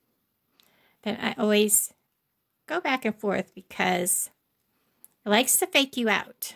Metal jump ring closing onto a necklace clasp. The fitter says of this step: And then just twist it right back. You can hear that click.